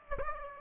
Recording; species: mosquito wingbeat signal from an infrared sensor; Aedes aegypti